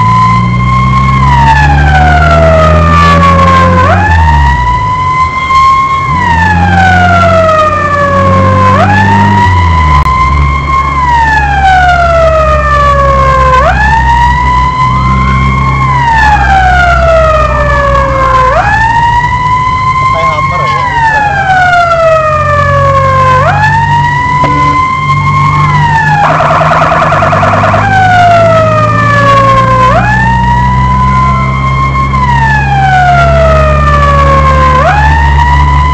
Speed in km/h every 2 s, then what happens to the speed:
35, 44, 48, 47, 51, 52, 50, 46, 48, 42, 33, 34, 36, 37, 41, 48, 51, 55.
0-3 speeds up to 48. 3-10 steady at about 48. 10-21 slows to 33. 21-36 speeds up to 55.